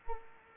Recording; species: mosquito wingbeat signal from an infrared sensor; Culex quinquefasciatus